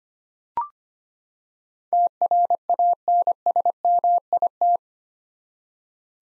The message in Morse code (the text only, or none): TRANSMIT